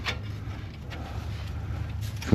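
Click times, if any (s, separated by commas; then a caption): none. A transmission cooler line on a 2004–2008 Dodge Ram 2500 is positioned and guided toward its radiator fitting before being pushed home, with a steady low hum and faint handling noises underneath. A brief louder sound comes at about 2.2 s. Nothing has seated or clicked yet.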